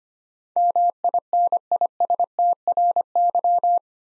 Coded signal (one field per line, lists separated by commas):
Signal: Morse code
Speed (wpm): 25 wpm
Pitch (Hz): 700 Hz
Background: none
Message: MINISTRY